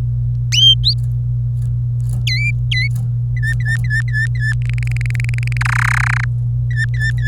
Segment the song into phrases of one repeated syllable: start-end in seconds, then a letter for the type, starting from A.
0.84-0.94 A, 2.27-2.88 B, 3.37-4.53 C, 4.62-5.57 D, 5.61-6.24 E, 6.71-7.27 C